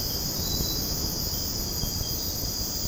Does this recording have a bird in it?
no